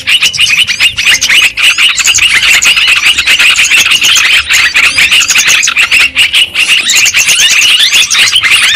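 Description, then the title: Lovebirds giving a constant shrill chatter, many high piercing chirps packed tightly together, with brief dips in the noisy flock sound. Lure sound for trapping lovebirds. "PIKAT BURUNG LOVEBIRD"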